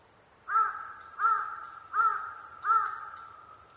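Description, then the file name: Large-billed crow producing four loud, throaty caws at a regular pace with faint thin high notes from other birds. Recorded 23 October 2010 at 05:42. "hasibutogarasu-20101023-0542"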